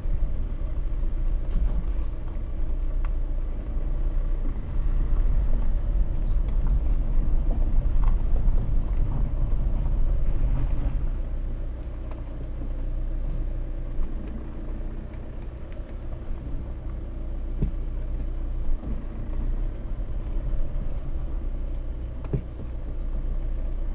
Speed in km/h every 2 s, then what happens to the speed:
5, 5, 8, 8, 6, 0, 0, 3, 0, 0, 0, 0.
0-5 steady at about 5. 5-10 slows to 0. 10-24 standing.